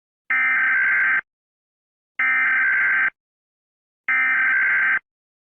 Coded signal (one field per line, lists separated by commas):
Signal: Emergency Alert System (SAME) tones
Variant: header bursts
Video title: Class ZK EAS Broadcast